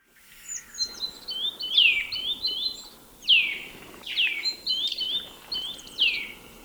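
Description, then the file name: Eurasian nuthatch calls, loud downward-sweeping whistled notes roughly every one to two seconds, interspersed with higher chirps. "Sitta europaea"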